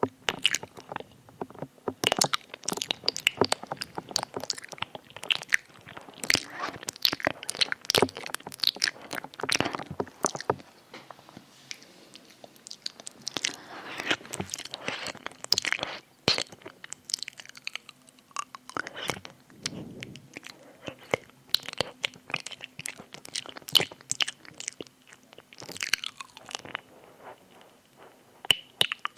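Ear eating with tingly mouth sounds: a dense run of wet clicks, smacks and crunchy bites, some sharp and bright, coming in quick irregular bursts. Brief quieter gaps around 11 and 17 seconds break the flow, and a faint low steady hum runs underneath throughout.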